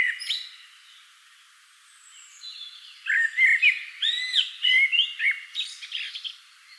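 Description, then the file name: Common blackbird song: after a brief faint note and a quiet pause, a long phrase of mellow looping whistles mixed with sharp, thin twittering notes. "Turdus merula"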